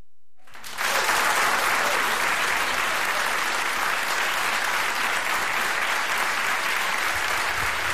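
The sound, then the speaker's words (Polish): Steady audience applause welcoming a band onto the stage in the Polish Radio Program Three (Trójka) studio, bursting in after a brief silence and continuing loud and even, a dense wash of many hands clapping with no voices standing out. “Ja powiem dla naszych słuchaczy, że zespół jest już na scenie i te oklaski były dla zespołu. To jest przywitanie ich.”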